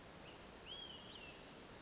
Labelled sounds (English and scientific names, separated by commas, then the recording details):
Olive-sided Flycatcher (Contopus cooperi)
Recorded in Sonoma County, California